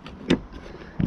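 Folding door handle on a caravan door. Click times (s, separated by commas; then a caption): 0.3 s. On the door of a 2012 Bailey Orion caravan, an extra folding handle is pulled down and turned around until it locks into place, for use as a grab handle and extra door lock. A sharp, bright click at 0.3 s marks it locking into place, followed by a duller, low thud near 1.0 s. The handle ends up seated.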